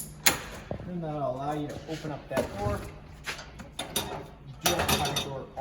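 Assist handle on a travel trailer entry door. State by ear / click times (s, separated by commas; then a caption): seated / 0.3 s. The fold-out assist handle on the entry door of a 2025 Forest River Wildwood 25ICE travel trailer is pushed up a full 90 degrees and locks into place with a sharp click at 0.3 s, which lets the door open. Someone talks throughout, and a few more knocks follow at about 3.8 s, 4.0 s and 4.7 s.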